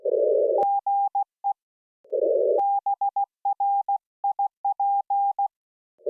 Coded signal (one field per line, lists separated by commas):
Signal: Morse code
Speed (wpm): 16 wpm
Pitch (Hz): 800 Hz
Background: none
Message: GE BRIP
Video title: Is Anyone Hearing My CQ? The Truth About Simple Antennas & DX